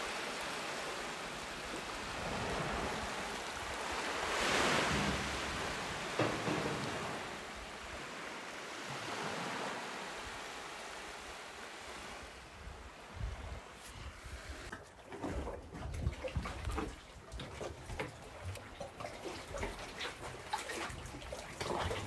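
Waves wash in with a steady rushing hiss, swelling to a louder surge around five seconds and again near seven, while wind rumbles low underneath. After about fifteen seconds the sound turns choppy, broken into quick irregular crunches like footsteps over the constant surf.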